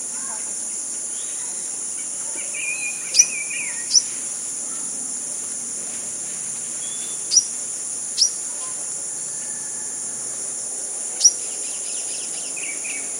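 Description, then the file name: Metallic-winged Sunbird uttering sharp, very high ticking notes at irregular intervals, with a few softer buzzy notes, against a steady shrill insect chorus. Recorded in the Philippines on 23 November 2009. "Aethopyga-pulcherrima Philippines 23 Nov 09"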